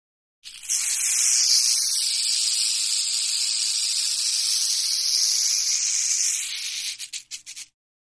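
Rattlesnake rattle, a steady dry buzzing hiss lasting about six seconds, then breaking into a few short stuttering bursts before stopping.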